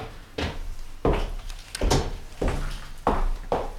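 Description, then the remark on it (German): A door being opened outside the room, heard as a series of about six dull wooden clunks and rattles spread unevenly over a few seconds, with no voices. “Und als draußen die Tür ging, rückte sie rasch von ihm fort”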